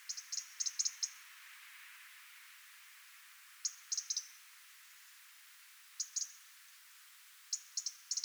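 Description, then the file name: European robin tick calls: an opening flurry of sharp clicks, followed by three shorter groups of a few ticks after long gaps. "Erithacus rubecula"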